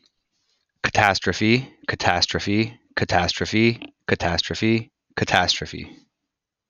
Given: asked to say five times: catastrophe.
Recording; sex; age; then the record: repeated word; male; 30 to 39 years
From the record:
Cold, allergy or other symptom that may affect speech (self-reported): no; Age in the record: 33 years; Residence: Pennsylvania, United States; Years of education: 16